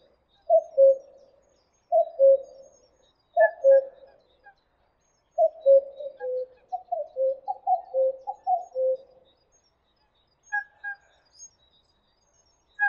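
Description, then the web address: Common cuckoo giving its two-note falling cu-coo again and again, some notes doubled and crowded together midway, with faint high bird chirps above. "kuckuck"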